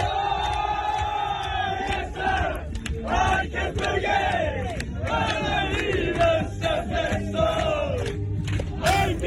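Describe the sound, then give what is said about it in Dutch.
A loud group of football fans chants a song together in unison on a bus in Dundee, Scotland, voices rising and falling in a rough, rhythmic melody over heavy low-end rumble, continuous throughout. “Dit was bijvoorbeeld afgelopen week ergens in een bus in Dundee.”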